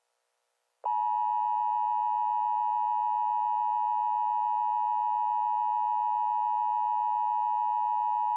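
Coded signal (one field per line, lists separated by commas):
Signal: Emergency Alert System (SAME) tones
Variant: 853 and 960 Hz attention tone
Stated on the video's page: Fictional EAS scenario about COVID-19 contaminated licorice; not real.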